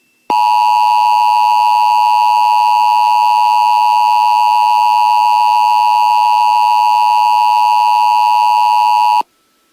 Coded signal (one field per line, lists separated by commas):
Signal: Emergency Alert System (SAME) tones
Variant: 853 and 960 Hz attention tone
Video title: EAS EVACUATION IMMEDIATE ON KXBX FM IN LAKE COUNTY CA 8-4-2018